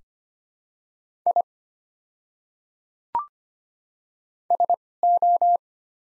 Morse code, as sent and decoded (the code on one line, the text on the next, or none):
.. / ... ---
I SO